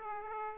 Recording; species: mosquito wingbeat signal from an infrared sensor; Aedes aegypti